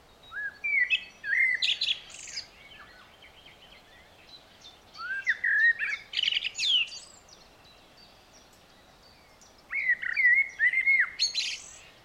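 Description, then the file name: Eurasian blackbird giving three separate song phrases several seconds apart, each opening with mellow whistled notes and closing in a scratchy, high-pitched twitter. "Turdus merula"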